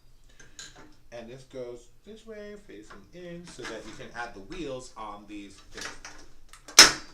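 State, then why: Seated. Someone talks while fitting a part onto a metal cabinet frame, facing it inward so the wheels can be added to it later. A sharp, loud click is heard at 6.8 seconds as the part seats in place.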